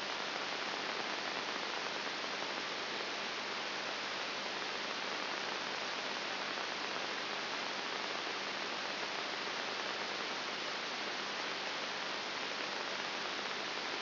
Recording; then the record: brain microelectrode recording played as sound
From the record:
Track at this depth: outside the subthalamic nucleus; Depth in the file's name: 7.5 mm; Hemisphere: right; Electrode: 3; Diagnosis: Parkinson's disease